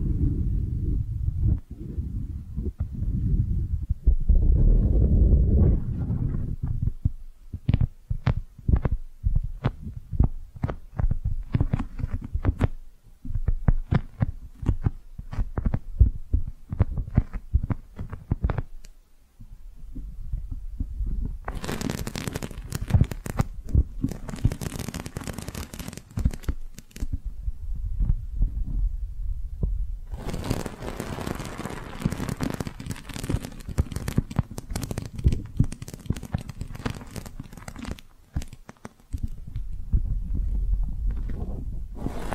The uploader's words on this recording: ASMR Your Brain is Fluffy Like Cloud Cozy Brushing, Squishy Triggers for Sleep (No Talking).